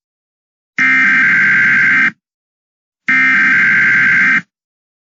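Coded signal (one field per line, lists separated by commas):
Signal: Emergency Alert System (SAME) tones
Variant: header bursts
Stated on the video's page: Fictional EAS scenario with sounds edited together.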